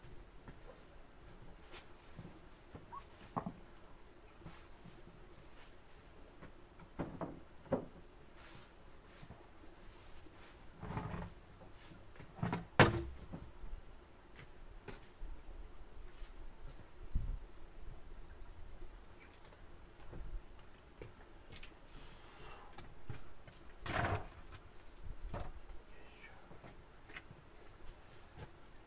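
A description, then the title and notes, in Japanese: Washed daikon radish is being shredded with a slicing machine, which keeps up a steady low hum throughout. Sharp clunks and knocks break in every few seconds, the loudest near the middle, with softer rustling and scraping between them. 機械音あり 切り干し大根作り。一人は大根を機械に入れ込む、一人は出てきた千切り大根をコンテナに受ける。洗った大根を千切り機で千切り大根にします。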